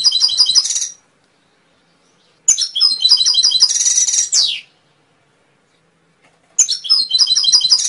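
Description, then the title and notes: Canary singing rapid trilled phrases of high rolling notes, one ending in a falling sweep, separated by silences; the first and last are cut off. Masteran recording of canary song, used for training songbirds to sing. "PANCINGAN SUARA MASTERAN KENARI BIKIN BURUNG MAKIN MENGGILA. masteran kicau kenari"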